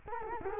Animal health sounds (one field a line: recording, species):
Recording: mosquito wingbeat signal from an infrared sensor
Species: Culex quinquefasciatus